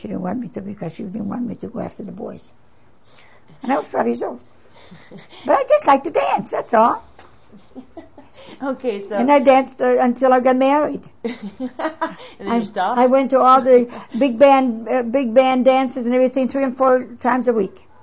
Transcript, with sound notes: She didn't want me to, because she didn't want me to go after the boys. I was twelve years old. But I just liked to dance, that's all! (laughs)
Okay, so...
And I danced 'til... until I got married.
And then you stopped?
I went to all the big band dances and everything three and four times a week.